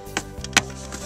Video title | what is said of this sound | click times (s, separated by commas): How to Upgrade the accelerator pedal on a Range Rover Vogue | slide the new pedal back in and listen for it to click listen I got | 0.6 s